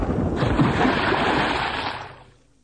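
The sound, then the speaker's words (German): A heavy splash as a person jumps from a burning ship into cold harbour water, followed by about two seconds of churning, rushing water and surf that gradually fades away. No voices. “Ich habe keine Wahl. Ich springe.”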